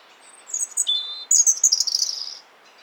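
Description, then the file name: European robin singing a short phrase of high, thin notes and a clear whistle, then a rapid, tinkling flourish that trails off. "Erithacus rubecula"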